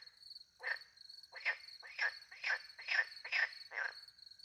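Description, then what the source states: Frog croaking in a quick run of broad, rasping notes, over a continuous high cricket trill. Frogs calling by night in French countryside beside a little pond, with crickets; microphones hidden in a tree close to the pond, two Usi pro microphones into a Mixpre 10 II.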